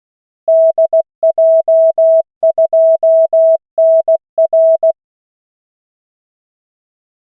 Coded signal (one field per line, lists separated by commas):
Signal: Morse code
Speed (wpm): 16 wpm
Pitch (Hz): 650 Hz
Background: none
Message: DJ2NR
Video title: Learning morse code - LCWO Callsign practice - 16 WPM